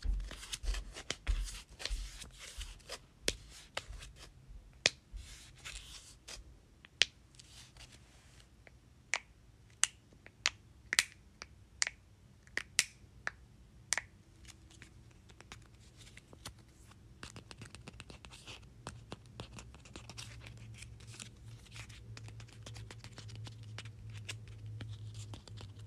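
Sticky notes are flipped and tapped in sharp, irregular clicks, dense early, then sparse, ending with a low steady hum and soft rustling.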